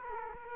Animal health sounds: mosquito wingbeat signal from an infrared sensor; Culex quinquefasciatus

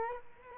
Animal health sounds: mosquito wingbeat signal from an infrared sensor; Culex quinquefasciatus

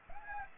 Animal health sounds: mosquito wingbeat signal from an infrared sensor; Aedes aegypti

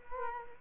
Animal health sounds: mosquito wingbeat signal from an infrared sensor; Culex quinquefasciatus

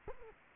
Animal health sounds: mosquito wingbeat signal from an infrared sensor; Culex quinquefasciatus

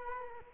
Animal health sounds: mosquito wingbeat signal from an infrared sensor; Culex quinquefasciatus

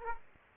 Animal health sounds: mosquito wingbeat signal from an infrared sensor; Aedes aegypti

